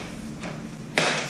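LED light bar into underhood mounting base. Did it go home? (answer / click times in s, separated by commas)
yes / 1.0 s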